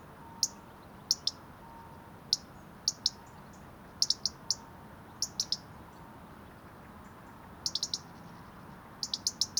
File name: Erithacus rubecula